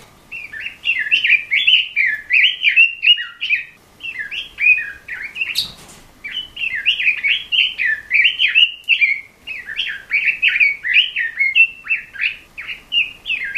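Robin singing a fast, continuous warble of short slurred and chirped notes, briefly pausing near the middle where a sharp rustling burst is heard.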